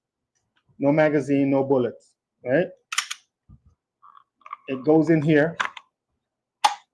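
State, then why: Seated. An unloaded pistol, with no magazine, is pushed down into a level three outside-the-waistband retention holster while someone talks. Several light clicks and handling sounds come before a sharp, loud click at 6.7 s as the pistol locks in and seats.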